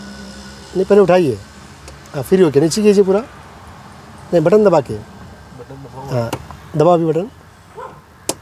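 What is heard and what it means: In a car, the hand brake lever's release button is pressed and the lever is lowered, and the ratchet lets go with a sharp click at 8.3 s. Someone talks throughout, and the hand brake is released.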